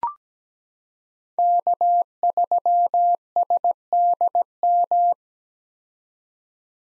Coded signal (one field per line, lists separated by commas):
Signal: Morse code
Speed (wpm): 17 wpm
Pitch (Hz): 700 Hz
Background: none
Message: K3SDM